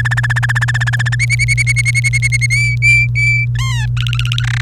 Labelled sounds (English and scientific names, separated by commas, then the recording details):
Domestic Canary (Serinus canaria) song
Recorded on 28 April 2018 at 05:54
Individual llb3